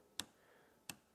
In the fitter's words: and it snaps back in the groove that would be the correct adjustment